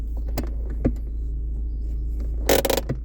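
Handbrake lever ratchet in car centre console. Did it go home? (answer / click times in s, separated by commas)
yes / 2.5 s, 2.6 s, 2.7 s, 2.8 s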